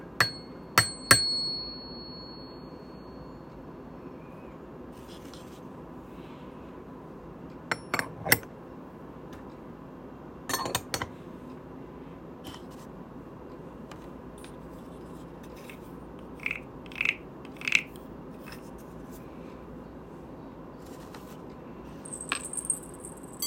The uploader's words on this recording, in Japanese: 勤行時の鳴りものの音。お鈴2種、ニ器→洒水器と散杖、なき蛙、龍神玉等。